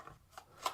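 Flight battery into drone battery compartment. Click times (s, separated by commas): 0.7 s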